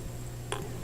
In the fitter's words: Just like Lego toys. Click right in there.